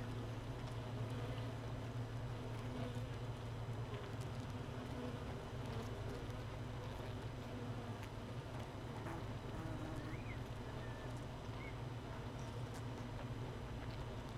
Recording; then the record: honeybee colony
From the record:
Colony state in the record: missing queen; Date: 31 May 2018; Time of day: 15:07